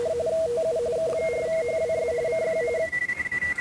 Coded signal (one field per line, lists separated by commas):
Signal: RTTY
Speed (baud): 45.45 baud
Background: radio noise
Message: TU K4HWS CQ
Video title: Weekly RTTY Test and Stuff.... 08-28-2026